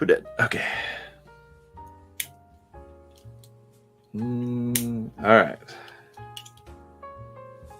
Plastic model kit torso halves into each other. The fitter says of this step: love to hear that click okay there's our torso all right